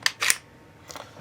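After reassembly, a metal magazine is pushed into the grip of a Walther StormTrooper pistol and seats with a sharp click at 0.1 s. A brief rattling burst follows around 0.2–0.3 s, then a few faint light clicks near 0.9–1.0 s. The magazine is fully seated.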